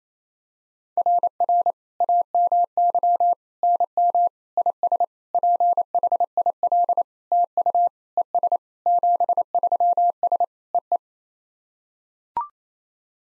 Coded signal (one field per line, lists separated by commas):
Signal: Morse code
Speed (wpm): 28 wpm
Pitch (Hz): 700 Hz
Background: none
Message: RR AMY NM IS PHIL TU ES 73S EE